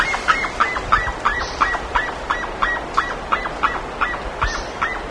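Bird giving a rhythmic sequence of loud honking calls, around three per second, each note clearly separated, with faint high chirps and background noise.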